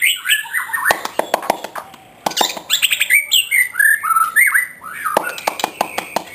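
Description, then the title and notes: White-rumped shama song: varied whistled phrases and sharp clicking notes in quick bursts, a brief pause near two seconds, then more fluty rising and falling notes. Song of the bird, offered as a master for training caged songbirds (masteran). "Suara Kicau Burung Murai Batu. burung murai buat masteran"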